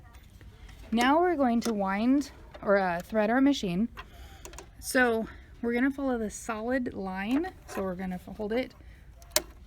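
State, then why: Seated. Someone talks while threading a sewing machine, holding the sewing thread taut and pulling it into the first thread guide. A small, sharp click is heard at 9.4 s as the thread seats in the guide.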